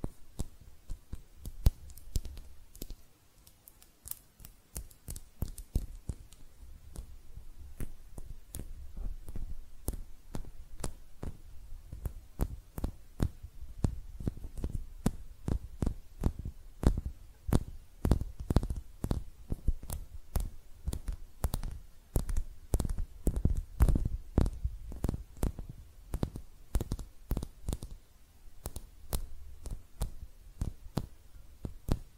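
Hand sounds: dense, irregular sharp taps and clicks with soft low thumps, sparse at first, then busier and steady throughout.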